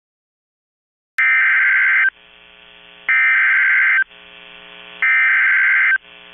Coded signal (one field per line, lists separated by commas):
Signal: Emergency Alert System (SAME) tones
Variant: header bursts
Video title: FLASH FLOOD WAENING FOR BOSTON MASSACHUSETTS (REAL EAS)